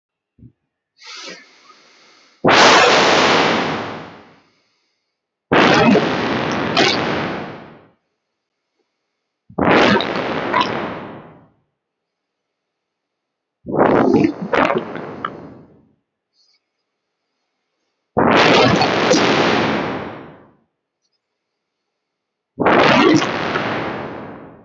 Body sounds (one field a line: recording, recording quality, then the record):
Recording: deep breathing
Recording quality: moderate, slight background noise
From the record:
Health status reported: healthy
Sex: male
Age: 27 years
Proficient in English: yes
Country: India